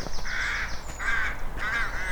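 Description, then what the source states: Rook cries: three harsh, drawn-out caws with a rough, nasal tone, spaced roughly evenly, over a low background rumble. Rookery of about 20-30 nests beside the Newry Canal, Armagh, Northern Ireland, in spring; birds guarding nests; breeding starts early, in February; typical farmland sound.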